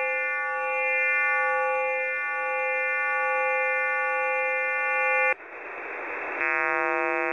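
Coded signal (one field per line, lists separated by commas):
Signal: radar signal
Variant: over-the-horizon radar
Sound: steady harsh buzz rich in harmonics, a second of hiss, then a different buzz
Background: radio static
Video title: 28400kHz Over the horizon radar active on HAM-Band (12.10.2024)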